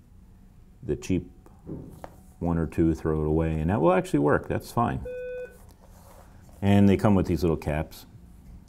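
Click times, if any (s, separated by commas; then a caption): none. Someone talks while handling a small plastic termination cap meant to be pushed onto the back of a punched-down Cat5e keystone jack. A short, steady beep sounds at about 5.0–5.4 s. The cap has not snapped on and nothing has seated yet.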